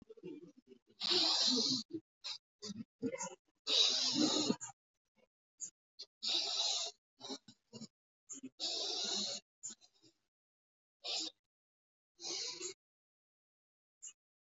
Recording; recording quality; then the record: deep breathing; excellent, no background noise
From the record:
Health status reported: exposed to COVID-19, no respiratory illness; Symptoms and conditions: none ticked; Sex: male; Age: 45 years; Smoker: not ticked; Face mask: not worn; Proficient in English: yes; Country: India